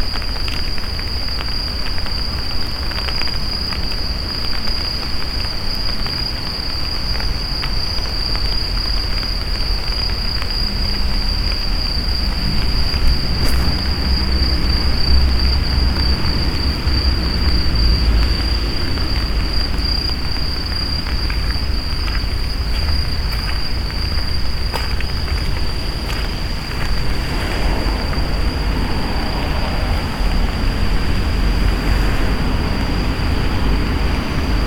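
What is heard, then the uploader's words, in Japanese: A night walk, with an unbroken high insect trill over a low rumble and scattered soft ticks and rustles the whole way through. とある日のエナジードリンク回に行く夜道。収録の前に飲んでいるエナジードリンクを切らしてたので、買いに夜の散歩に出かけました。台風の前の日でしたが、なんとか大丈夫でした。Mic: Mu6 Lifelike2。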